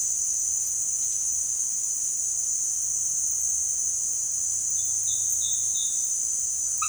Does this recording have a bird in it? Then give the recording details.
no. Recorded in dense forest near Puerto Asís, Putumayo, Colombia, on 19 February 2024 at 18:00. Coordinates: 0.496, -76.326. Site G6383